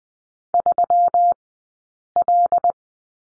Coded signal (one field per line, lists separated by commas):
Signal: Morse code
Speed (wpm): 20 wpm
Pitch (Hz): 700 Hz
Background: none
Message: 3L